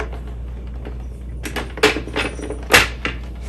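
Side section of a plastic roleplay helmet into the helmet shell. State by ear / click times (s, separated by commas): seated / 1.8 s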